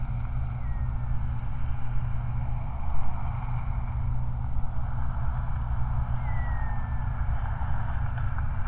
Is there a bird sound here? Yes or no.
yes